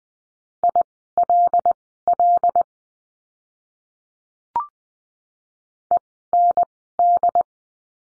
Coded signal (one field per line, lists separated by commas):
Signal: Morse code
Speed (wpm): 20 wpm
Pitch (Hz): 700 Hz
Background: none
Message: ILL END